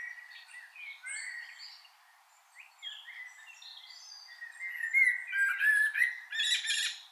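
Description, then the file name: Common blackbird song: soft fluty warbling through the first half, then a louder whistled phrase ending in high, scratchy twittering notes. "Turdus merula"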